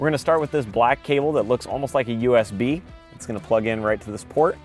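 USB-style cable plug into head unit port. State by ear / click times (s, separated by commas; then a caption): not seated / none. Someone talks while getting ready to plug a black USB-style cable into a port on the back of the main head unit of a GU Auto Tech 12.1" touch screen multimedia station being installed in a 2015-2019 F150; this cable also goes to the surround that holds the dials. Nothing has seated or clicked yet.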